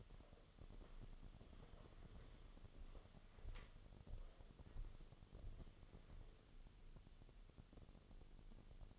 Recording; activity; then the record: daily activity, microphone in the room; walk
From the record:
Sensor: 4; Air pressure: 1016.2 hPa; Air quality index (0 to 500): 164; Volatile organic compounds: 6 ppm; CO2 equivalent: 1870 ppm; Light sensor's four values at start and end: 9/20/8/7 and 9/20/8/7